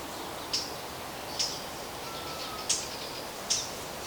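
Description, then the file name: Eurasian blackcap calling with dry, clicking tacks, four separate notes spaced about a second apart, a faint hiss behind. "Sylvia atricapilla"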